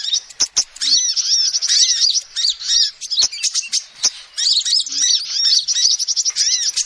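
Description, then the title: Lovebird gives fast, buzzy high chirps and squeals in a continuous jumble, punctuated by several sharp clicks. Lovebird calls used as a lure to trap birds. "PIKAT BURUNG LOVEBIRD"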